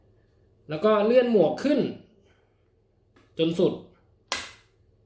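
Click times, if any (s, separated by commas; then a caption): 4.3 s. A face shield on an Arai RX-7X motorcycle helmet is slid up to the end of its travel on the side pivot mount, and it snaps into place with a sharp click at 4.3 s. Someone talks before the click. The shield locks into the side mount.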